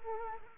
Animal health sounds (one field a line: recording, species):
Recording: mosquito wingbeat signal from an infrared sensor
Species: Culex quinquefasciatus